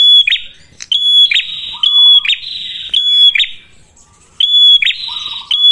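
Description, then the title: Prinia calls in rasping buzzy bursts around a thin high whistle, in quick pairs with pauses, plus a lower scratchy note now and then. Lure (pancingan) for attracting and training birds (pikat, masteran); red-headed prenjak described as gacor. "Masteran Duet Cililin Vs Kapas Tembak. Pancingan Prenjak Kepala Merah Gacor [ Sangat Cocok banget Untuk Pikat dan Masteran ]"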